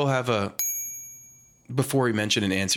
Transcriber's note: ding sound